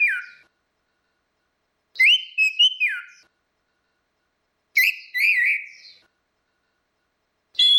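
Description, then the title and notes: Orange-headed thrush song of clear warbled whistles, sliding up and down, given in short phrases separated by pauses of one to two seconds. Continuous 'ngeplong' singing, used as a masteran (training) recording for anis kembang (Chestnut-capped thrush). "Suara Burung Anis Merah Ngeplong. Masteran Anis Kembang"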